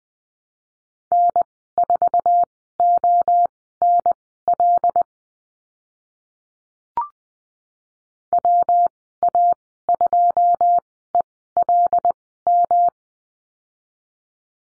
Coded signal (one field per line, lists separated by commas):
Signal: Morse code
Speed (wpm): 20 wpm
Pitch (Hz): 700 Hz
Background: none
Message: N4ONL WA2ELM